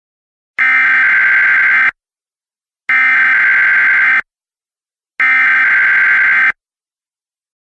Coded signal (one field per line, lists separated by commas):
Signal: Emergency Alert System (SAME) tones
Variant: header bursts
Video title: EAS Flash Flood Warning Extension (Boyd, KY, Carter, KY, Greenup, KY, and Lawrence, OH Counties)